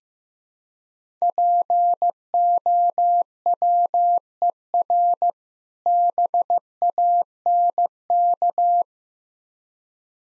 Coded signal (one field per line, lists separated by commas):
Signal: Morse code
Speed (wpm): 15 wpm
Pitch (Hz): 700 Hz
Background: none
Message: POWER BANK